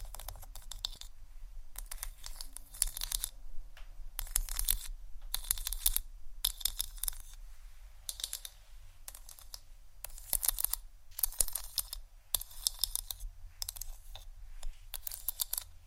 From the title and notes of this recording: ASMR Hair Brush & Comb Sounds （No Talking）.